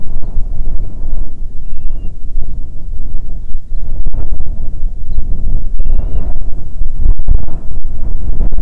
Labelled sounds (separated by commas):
bird, wind